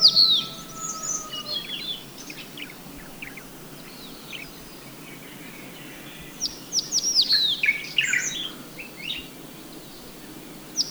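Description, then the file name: Crested bunting singing: a rapid jumble of high chirps and downslurred notes, an early phrase then a louder burst later, with a faint whistled tone at first. Guangxi, 4 April 2012. "Crested Bunting Song 120404 Guangxi Shanli"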